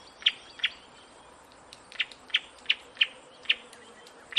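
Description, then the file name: Warbler giving short, sharp chip notes in a loose series, with a pause after the first two, over a faint steady hiss. "audio hero Bird Warbler"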